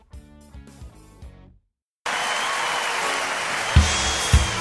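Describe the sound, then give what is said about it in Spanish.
A short burst of music stops, and after a brief silence a loud, steady wash of applause from many hands begins, with a couple of heavier thumps near the end. “Ya, chiquillo, las palmas.”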